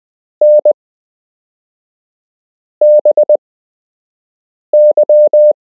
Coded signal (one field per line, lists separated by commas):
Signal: Morse code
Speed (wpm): 20 wpm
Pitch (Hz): 600 Hz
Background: none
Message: N B Y